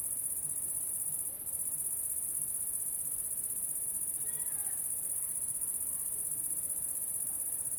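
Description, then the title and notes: Cricket trills without pause, a bright sustained buzz, with a few faint soft chirps midway through. Recorded at La Sablière, Saint-Privat-de-Champclos, France, with a Zoom H6 and M/S microphone. "30430 Saint-Privat-de-Champclos, France - cricket la sabliére. cricket la sabliére Captation : ZOOMH6 + M/S Microphone"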